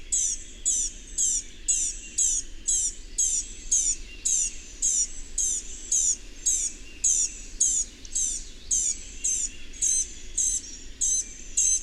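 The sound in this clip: Bird song of rapid high chirps, about two each second, repeated steadily throughout, with a faint background hum.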